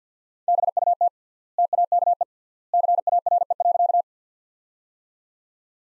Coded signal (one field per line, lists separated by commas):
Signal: Morse code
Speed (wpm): 50 wpm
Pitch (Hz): 700 Hz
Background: none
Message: BUT TAKE CARE.